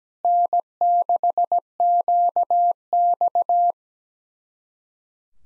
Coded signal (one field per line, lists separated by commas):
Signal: Morse code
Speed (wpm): 17 wpm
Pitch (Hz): 700 Hz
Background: none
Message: N6QX